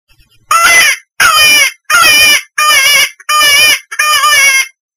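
Rabbit squeals: six loud, high, wavering cries, each about half a second long, given in a steady series with short silent gaps between them.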